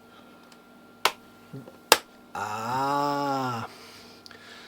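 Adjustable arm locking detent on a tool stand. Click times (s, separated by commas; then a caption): 1.1 s, 1.9 s. The adjustable arm of a tool stand, which had not been locking well, is moved until it clicks sharply into its locking detent, with clicks at 1.1 s and 1.9 s. Someone then talks. The arm is locked in place, and the click stops it from falling down.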